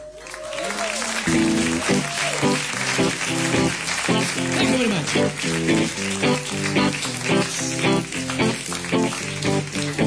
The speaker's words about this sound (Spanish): Aplausos incluidos al principio del tema.